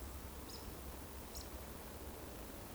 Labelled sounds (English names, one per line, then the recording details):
Eurasian Woodcock
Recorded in Baden-Württemberg, Germany, on 25 June 2020 at 19:52 UTC
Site 14569, 102 m above sea level